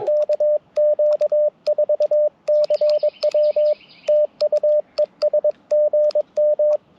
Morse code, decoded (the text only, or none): KQ4CW TUESGM